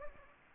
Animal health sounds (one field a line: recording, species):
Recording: mosquito wingbeat signal from an infrared sensor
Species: Anopheles gambiae